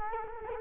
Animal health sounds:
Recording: mosquito wingbeat signal from an infrared sensor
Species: Culex quinquefasciatus

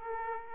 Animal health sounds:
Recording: mosquito wingbeat signal from an infrared sensor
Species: Aedes aegypti

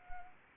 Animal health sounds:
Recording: mosquito wingbeat signal from an infrared sensor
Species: Anopheles arabiensis

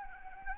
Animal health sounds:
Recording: mosquito wingbeat signal from an infrared sensor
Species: Anopheles arabiensis

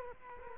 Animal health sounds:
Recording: mosquito wingbeat signal from an infrared sensor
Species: Culex quinquefasciatus

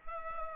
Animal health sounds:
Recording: mosquito wingbeat signal from an infrared sensor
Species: Culex pipiens

